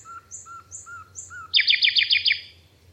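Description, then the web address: Bird song: four short whistled notes alternating with thin higher notes, followed by a rapid series of bright, descending chirped notes. "Bird Only"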